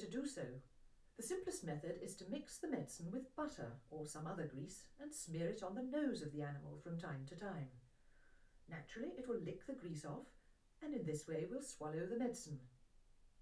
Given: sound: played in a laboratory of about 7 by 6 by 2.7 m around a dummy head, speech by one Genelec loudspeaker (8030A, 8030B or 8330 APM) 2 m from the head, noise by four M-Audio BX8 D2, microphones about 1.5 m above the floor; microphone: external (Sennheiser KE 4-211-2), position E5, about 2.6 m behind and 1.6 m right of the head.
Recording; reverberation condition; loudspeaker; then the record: female speech in English; low; 60 degrees to the left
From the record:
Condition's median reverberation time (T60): about 310 ms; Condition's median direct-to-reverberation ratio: about 3.5 dB